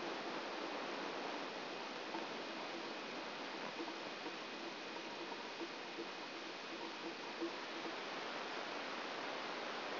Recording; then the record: brain microelectrode recording played as sound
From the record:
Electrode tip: outside the subthalamic nucleus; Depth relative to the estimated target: 4 mm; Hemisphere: left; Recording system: AlphaMap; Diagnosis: Parkinson's disease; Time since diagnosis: 9 years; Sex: female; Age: 40 years